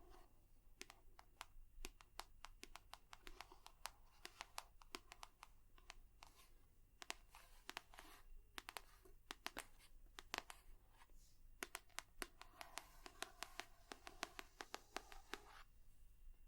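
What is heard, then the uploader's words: Rapid tapping runs throughout, short sharp clicks arriving in irregular bursts, sometimes several per second, with brief pauses between clusters. The taps are bright and crisp, and the loudest ones stand out near the middle and end. A low steady hum sits underneath. ASMR 100% Tapping for EXTREME tingles & sleep (No Talking).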